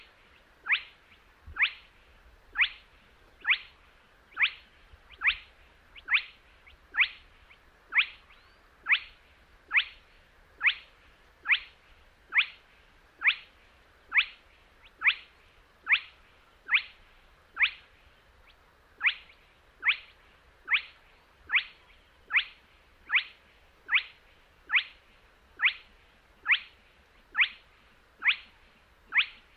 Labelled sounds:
Spotted Crake

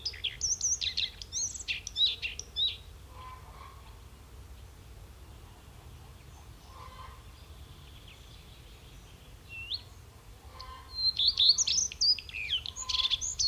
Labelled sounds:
Common Redstart song

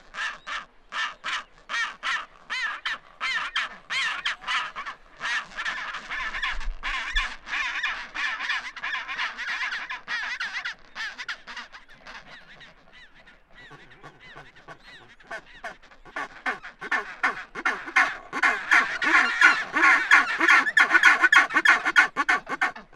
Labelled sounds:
Chinstrap Penguin call

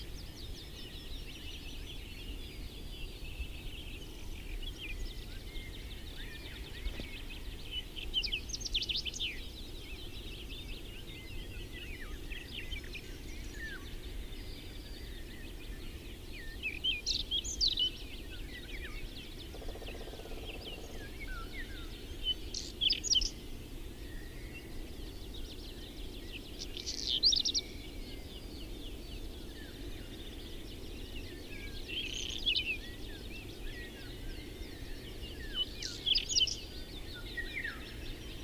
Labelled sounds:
Whinchat song

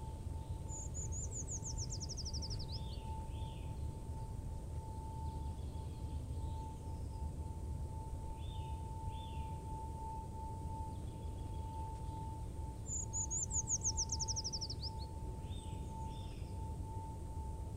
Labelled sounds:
Eurasian Treecreeper

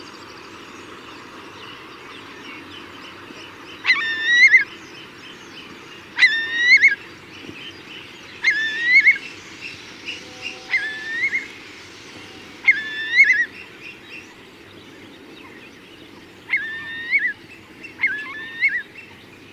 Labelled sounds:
Eurasian Curlew alarm call

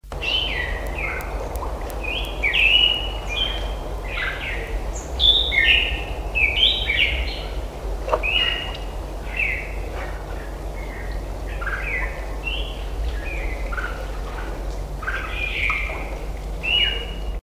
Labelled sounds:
Red-whiskered Bulbul song

